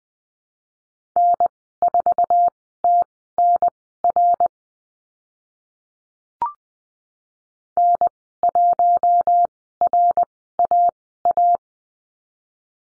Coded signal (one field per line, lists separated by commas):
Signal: Morse code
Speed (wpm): 20 wpm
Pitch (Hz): 700 Hz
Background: none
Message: N4TNR N1RAA